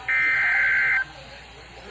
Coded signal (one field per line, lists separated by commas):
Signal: Emergency Alert System (SAME) tones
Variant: header bursts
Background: speech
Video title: Severe Thunderstorm Warning (EAS #749) 4/3/25